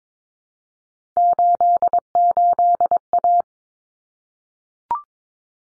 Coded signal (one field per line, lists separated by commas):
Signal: Morse code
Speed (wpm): 22 wpm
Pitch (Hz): 700 Hz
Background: none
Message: 88A